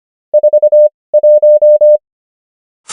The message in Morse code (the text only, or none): 41